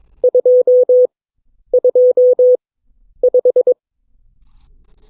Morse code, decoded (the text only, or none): 225